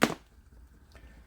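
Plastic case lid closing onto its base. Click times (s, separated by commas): 0.0 s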